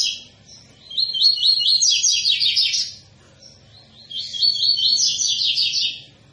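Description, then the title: Double-collared seedeater song: two phrases of fast, rhythmic repeated twittering notes, with a pause between them. Tui-tui song type; recording intended for teaching young birds the song (fibra, professor). "COLEIRO TUI TUI FIBRA CANTO PROFESSOR"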